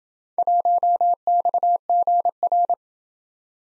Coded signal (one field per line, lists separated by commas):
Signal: Morse code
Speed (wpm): 27 wpm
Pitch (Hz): 700 Hz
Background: none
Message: 1XGR